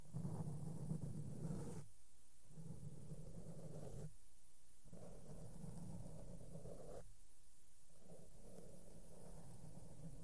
SOFT SOUNDS WITH MAKEUP BRUSHES ON MIC AND MICROPHONE TOUCHING